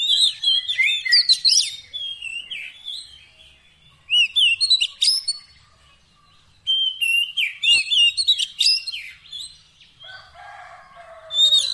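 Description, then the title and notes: Oriental magpie-robin song of rapid, varied whistles and sharp notes in repeated bursts. A single click is heard, and a lower rasping sound comes near the end. Fill-in (isian) song, meant to get a magpie-robin singing actively day and night. "Kacer Jadi Gacor Siang Malam. Isian Kacer Durasi Panjang"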